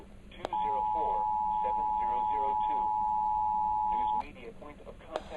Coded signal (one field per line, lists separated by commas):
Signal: Emergency Alert System (SAME) tones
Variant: 853 and 960 Hz attention tone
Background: speech